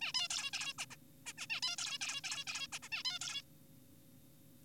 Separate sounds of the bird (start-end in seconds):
0.01-0.12, 0.14-0.28, 0.30-0.51, 0.53-0.73, 0.79-0.85, 0.91-0.96, 1.26-1.33, 1.38-1.47, 1.50-1.61, 1.62-1.76, 1.78-1.98, 2.01-2.21, 2.24-2.44, 2.47-2.67, 2.73-2.79, 2.83-2.88, 2.92-3.03, 3.05-3.19, 3.21-3.41